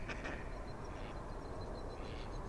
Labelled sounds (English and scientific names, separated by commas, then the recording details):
Mallard (Anas platyrhynchos)
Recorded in Germany
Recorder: ecoPi